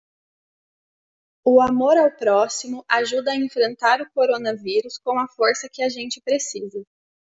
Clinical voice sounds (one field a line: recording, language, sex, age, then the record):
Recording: spoken sentence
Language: Brazilian Portuguese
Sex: female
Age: 30 to 39 years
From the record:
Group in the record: control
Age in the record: 32 years